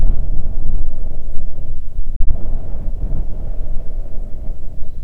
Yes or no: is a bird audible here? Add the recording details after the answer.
no. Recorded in the Arctic National Wildlife Refuge, Alaska, on 3 June 2019 at 04:38. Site 37